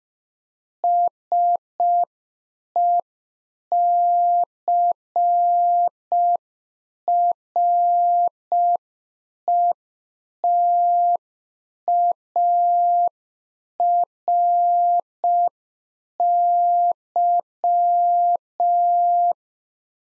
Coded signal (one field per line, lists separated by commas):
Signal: Morse code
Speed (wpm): 5 wpm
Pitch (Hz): 700 Hz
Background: none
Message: SECRETARY